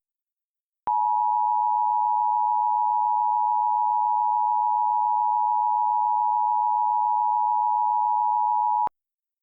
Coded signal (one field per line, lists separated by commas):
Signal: Emergency Alert System (SAME) tones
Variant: 853 and 960 Hz attention tone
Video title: EAS Alert Recreation - REAL Kansas Civil Danger Warning